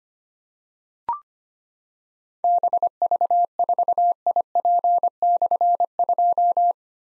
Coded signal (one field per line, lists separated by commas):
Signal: Morse code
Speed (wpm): 25 wpm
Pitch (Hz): 700 Hz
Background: none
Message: BV4IP/2